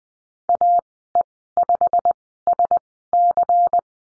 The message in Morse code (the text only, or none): AE5SC